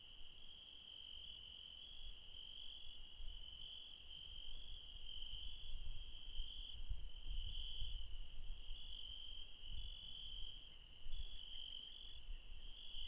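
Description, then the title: Insect chorus of continuous shrill trilling, high and unbroken, over a louder low rumble that swells in the middle. Late night in the mountains at Refuge Krevatia, Barbala, near Dion, Greece. "Refuge Krevatia, Μπαρμπαλά, Dion 601 00, Greece - Late night mountain insects"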